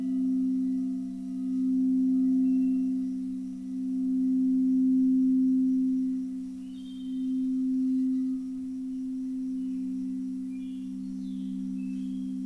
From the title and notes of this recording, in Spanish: Un viaje entre cuencos y sus armonicos.